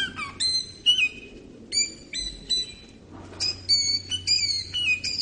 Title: Suara Burung Kutilang